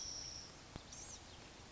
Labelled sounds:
Blue-gray Gnatcatcher (Polioptila caerulea)
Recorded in Sonoma County, California

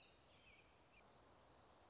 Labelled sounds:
Black-throated Gray Warbler (Setophaga nigrescens)
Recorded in Sonoma County, California

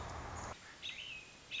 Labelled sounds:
American Robin (Turdus migratorius)
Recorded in Sonoma County, California

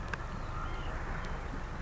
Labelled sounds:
White-breasted Nuthatch (Sitta carolinensis)
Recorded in Sonoma County, California

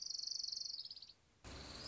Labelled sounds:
Orange-crowned Warbler (Leiothlypis celata)
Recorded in Sonoma County, California

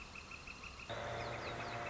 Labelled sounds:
Northern Flicker (Colaptes auratus)
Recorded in Sonoma County, California

